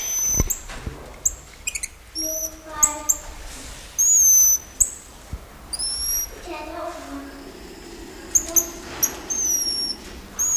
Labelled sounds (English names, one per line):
Goeldi's Marmoset